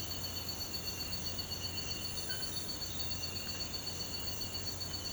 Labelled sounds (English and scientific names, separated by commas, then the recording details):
none
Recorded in pastures near Puerto Asís, Putumayo, Colombia, on 12 March 2025 at 06:00
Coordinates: 0.472, -76.329
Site G074